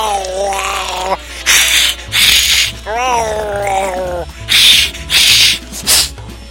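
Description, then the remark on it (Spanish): An angry cat alternates two drawn-out, wavering yowls with four sharp, breathy hisses, loud and alone, with a low steady hum underneath. “Es lo que hace un gato cuando está muy, muy enojado. Y empieza a hacer sonidos como”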